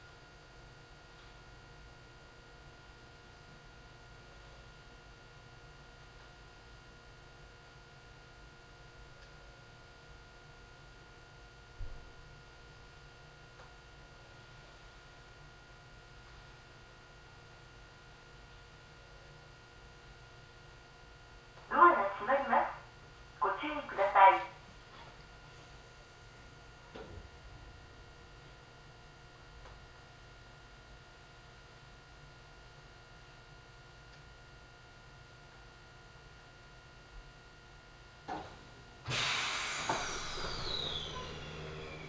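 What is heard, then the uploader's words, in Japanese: A ride on the Ohmi Railway train, with a steady low rumble and a thin, constant whine running throughout. Two short bright bursts stand out around 22 and 24 seconds. From about 39 seconds a louder, rising whine and clatter build to the end. 近江鉄道 高宮→彦根→八日市。高宮での待ち時間が長いこともあって一旦彦根まで戻り、再び本線に戻って八日市へと向かいます。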